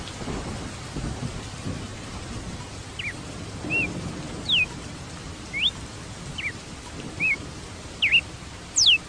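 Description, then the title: Red-cowled cardinal whistling a series of short, clear notes, soft at first then louder, each a quick rising or falling slur. "Galo de Campina"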